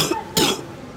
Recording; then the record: coughing mixed with background sound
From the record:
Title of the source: Wet coughing